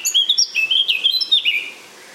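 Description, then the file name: Eurasian blackcap giving a rapid warbling phrase of varied, rich and fluty whistled notes, then falling quiet. "Sylvia atricapilla"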